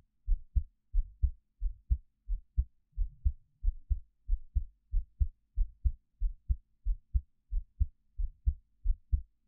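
An adult's heartbeat, picked up with a 3Dio binaural microphone.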